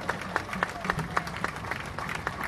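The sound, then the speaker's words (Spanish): A crowd at the San Cayetano march applauds the CGT and CTA union federations in a steady, rhythmic beat, sharp claps landing roughly four times a second over a continuous murmur of voices, moderately loud throughout. “Y les pido un aplauso para las centrales por el gesto de unidad que tuvieron con todo para todos nosotros.”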